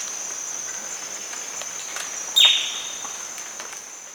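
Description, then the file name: Bird call: one quick, bright downward-sliding note partway through, set against a constant high-pitched hiss and faint ticks. "SABIOD 50 bird 2015"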